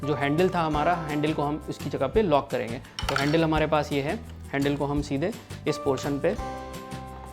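The plastic handle of a BMS manual slow juicer is being fitted onto its mounting portion on the juicer body, to be pressed fully in to lock it. Someone talks over background music with faint clinks of handling, and nothing has seated or clicked yet.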